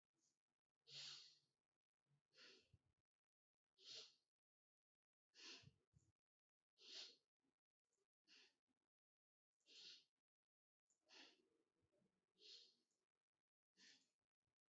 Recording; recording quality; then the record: deep breathing; excellent, no background noise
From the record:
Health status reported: healthy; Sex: female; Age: 19 years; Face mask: not worn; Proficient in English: yes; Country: India